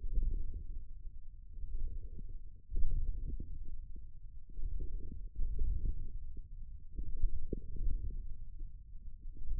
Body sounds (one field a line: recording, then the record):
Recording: forearm muscle sounds (acoustic myography)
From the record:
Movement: forearm pronation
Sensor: system 1, eight BSWA MPA416 microphones around the upper forearm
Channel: 6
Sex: male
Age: 28 years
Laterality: right